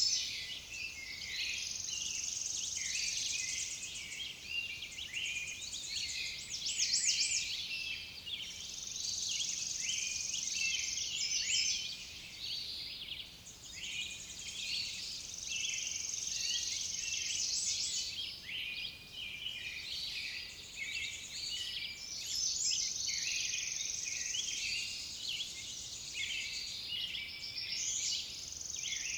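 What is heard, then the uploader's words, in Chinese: Songbirds chirp and trill without pause over a steady, bright rush of flowing water. The calls are dense and high-pitched, with fuller bursts around 7, 10 and 23 seconds and again near the end. There is almost nothing in the low range. 大自然的声音-鸣鸟流水声。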